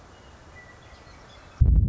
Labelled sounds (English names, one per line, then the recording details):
Western Meadowlark
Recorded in Sonoma County, California